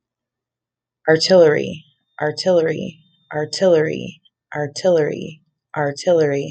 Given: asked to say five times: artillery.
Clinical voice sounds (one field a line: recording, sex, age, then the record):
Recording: repeated word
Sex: female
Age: 30 to 39 years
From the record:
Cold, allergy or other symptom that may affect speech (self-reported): no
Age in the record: 37 years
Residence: South Dakota, United States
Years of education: 15